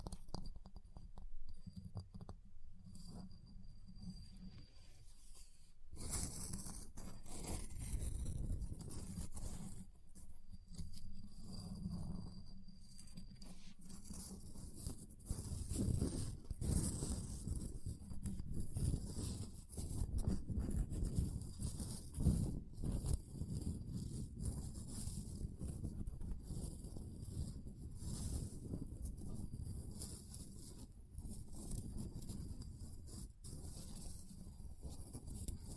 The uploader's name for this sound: Ice Tapping, Scratching, Carving Sounds